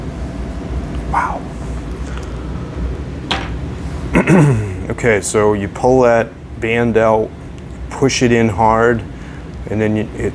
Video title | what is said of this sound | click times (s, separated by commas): Gopro Hero 10 open box | you'll hear it it'll snap in but it takes a workout maybe because it's new i don't know but | 3.3 s, 4.2 s